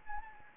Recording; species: mosquito wingbeat signal from an infrared sensor; Anopheles arabiensis